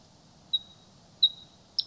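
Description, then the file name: Bluethroat: three short, high, pure whistled notes, the last one buzzier. "Blauwborst"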